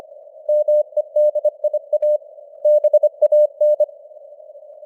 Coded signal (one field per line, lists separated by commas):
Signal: Morse code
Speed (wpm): 25 wpm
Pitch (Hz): 600 Hz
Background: none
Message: MEDIA BAN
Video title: Morse Code News | 2025-11-26 | 25wpm